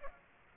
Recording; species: mosquito wingbeat signal from an infrared sensor; Aedes aegypti